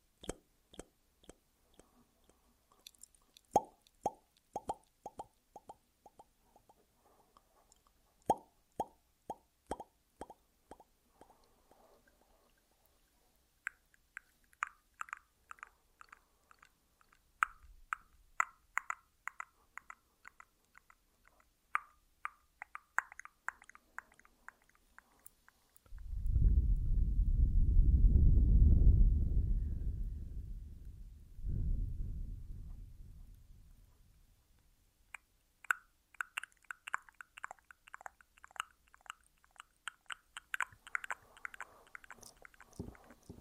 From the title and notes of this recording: ASMR Echoed Triggers. Mouth Sounds (No Talking).